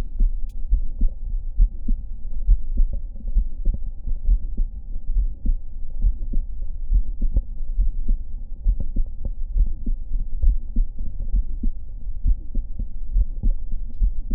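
Adult heart by stethoscope, about 68 beats per minute. A very soft musical systolic murmur, an atypical auscultatory sign of mitral valve prolapse.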